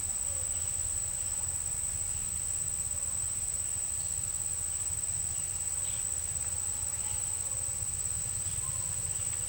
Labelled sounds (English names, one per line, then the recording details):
none
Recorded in pastures near Puerto Asís, Putumayo, Colombia, on 12 March 2025 at 15:30
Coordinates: 0.497, -76.327
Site G072